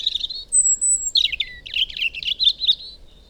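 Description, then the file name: European robin song: a few brief notes, a thin high whistle held steady, then a rush of fast, varied, tinkling trills and twittered notes, falling and rising. "Erithacus rubecula"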